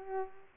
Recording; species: mosquito wingbeat signal from an infrared sensor; Culex pipiens